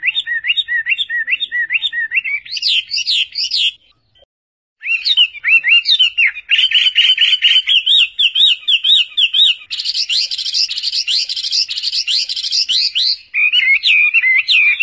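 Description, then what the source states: Chinese hwamei song: loud varied whistled phrases, each repeated several times, switching to higher rippling notes, a brief pause near four seconds, then fast repeated slurred phrases. Combination of song phrases (tembakan).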